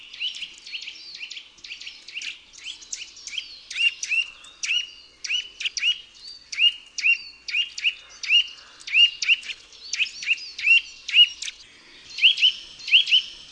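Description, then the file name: Eurasian nuthatch calls: a long, irregular series of many short, sharp, hooked chirps. "KOWALIK"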